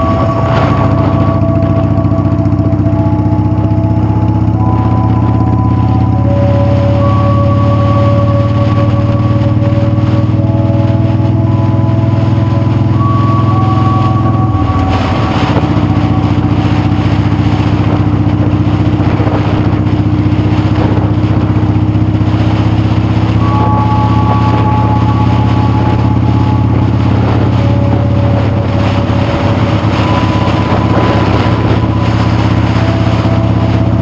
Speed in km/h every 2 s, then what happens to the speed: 31, 31, 34, 37, 40, 42, 44, 42, 44, 39, 40, 45, 42, 45, 45, 45, 52.
3-10 speeds up to 42. 10-19 steady at about 42. 19-22 speeds up to 45. 22-31 steady at about 45. 31-34 speeds up to 52.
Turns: none.